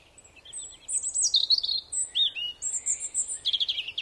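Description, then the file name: European robin singing a varied phrase of high, thin whistles, sliding notes and short trills, with shifts between very high and middle pitches. "Erithacus rubecula"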